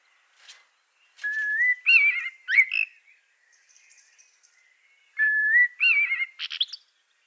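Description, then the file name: Common blackbird song: two mellow whistled phrases a few seconds apart, each rising into warbling notes and closing with a squeaky high flourish. "Turdus merula"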